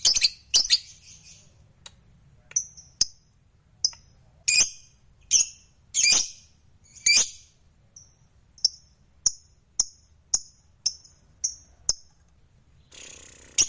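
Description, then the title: Lovebird making sharp, high squawks and chirps spaced irregularly, roughly one every half second to second. Fighter lovebird singing energetically (gacor). "SUARA Lovebird FIGHTER GACOR"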